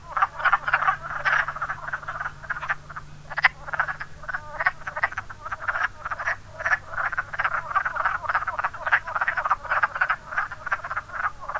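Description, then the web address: Wood frogs in chorus, many overlapping short clucking croaks repeated rapidly and continuously, several frogs calling at once. "zoology woodfrog"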